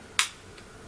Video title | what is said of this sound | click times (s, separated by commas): Walk-Through Guide: Oakley Bottle Rocket Sunglasses Replacement Lens Installation - Seek Optics | on the lens as you pull down on the frame to get it to seat in like that you should hear a popping sound | 0.2 s